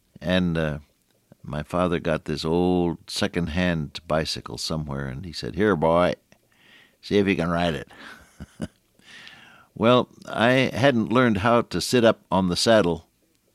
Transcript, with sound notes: And my father got this old second-hand bicycle somewhere and he said, “Here, boy, see if you can ride it.” [chuckle] Well, I hadn’t learned how to sit up on the saddle,